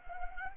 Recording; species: mosquito wingbeat signal from an infrared sensor; Anopheles arabiensis